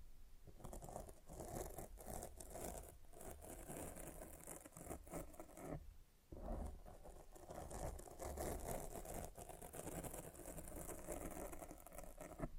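Scratching and rubbing against a microphone fills the clip with dense, rough rasping and crackling that barely lets up. Frequent sharp scrapes and thumps stack on a low rumble, with a brief drop near six seconds before the scraping resumes.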